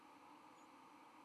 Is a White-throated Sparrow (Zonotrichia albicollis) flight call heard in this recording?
no